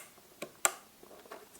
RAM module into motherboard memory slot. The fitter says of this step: that's the click now you might is